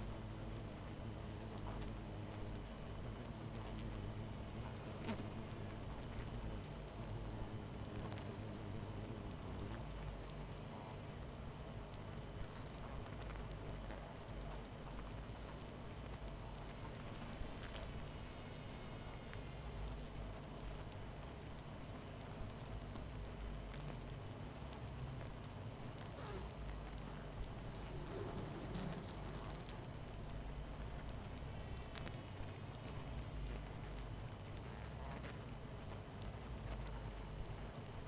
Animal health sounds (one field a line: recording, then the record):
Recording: honeybee colony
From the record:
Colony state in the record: missing queen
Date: 14 July 2017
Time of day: 23:25